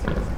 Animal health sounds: contact call of a hoofed animal; wild boar; grunt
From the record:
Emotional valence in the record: positive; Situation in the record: naturally occurring affiliative interactions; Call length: 0.38 s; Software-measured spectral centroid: 1510 Hz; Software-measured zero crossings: 720 a second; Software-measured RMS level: -24 dBFS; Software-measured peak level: -10 dBFS

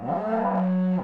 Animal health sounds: contact call of a hoofed animal; cattle; low-frequency (closed-mouth) or high-frequency (open-mouth) call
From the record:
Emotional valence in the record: negative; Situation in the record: full separation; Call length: 1.04 s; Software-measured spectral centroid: 900 Hz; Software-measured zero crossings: 940 a second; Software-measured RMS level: -24 dBFS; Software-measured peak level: -14 dBFS

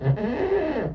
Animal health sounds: contact call of a hoofed animal; goat; low-frequency (closed-mouth) or high-frequency (open-mouth) call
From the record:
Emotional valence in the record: negative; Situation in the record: food frustration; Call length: 0.94 s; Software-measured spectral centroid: 1060 Hz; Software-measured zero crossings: 890 a second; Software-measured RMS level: -24 dBFS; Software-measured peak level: -11 dBFS

